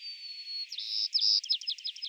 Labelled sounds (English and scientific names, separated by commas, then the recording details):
White-crowned Sparrow (Zonotrichia leucophrys) song
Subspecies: nuttalli
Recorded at San Simeon, California, in 2014
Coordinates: 35.667, -121.270
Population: south
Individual SANS_maleE